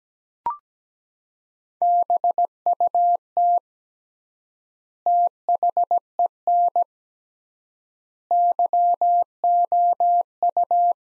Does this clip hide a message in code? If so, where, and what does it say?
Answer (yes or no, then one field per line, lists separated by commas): yes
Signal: Morse code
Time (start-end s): 1.8-10.9 s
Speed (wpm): 17 wpm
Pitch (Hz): 700 Hz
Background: none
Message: BUT THEN YOU